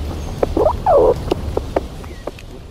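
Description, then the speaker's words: Red squirrel calls: a sharp click, two short, harsh squeaks, then scattered soft ticks. Listened to with patience, a directional microphone and some luck; the animals make quite different sounds. "Mit Geduld, einem Richtmikrofon und etwas Glück kann man den Eichhörnchen lauschen. Ganz unterschiedliche Geräusche machen die Tiere."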